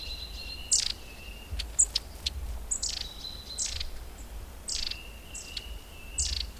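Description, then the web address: Long-tailed tit calls: high, thin notes spaced irregularly, mixing sharp downward flicks with drawn-out level whistles. "agykontroll Madardalok Cd 1. Őszapó"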